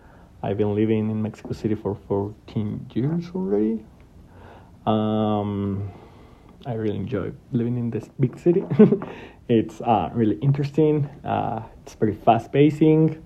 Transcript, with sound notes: I’ve been living in Mexico City for fourteen years already. Um, I really enjoy living in this big city. [Subject laughs.] It’s, ah, really interesting; ah, it’s pretty fast pacing.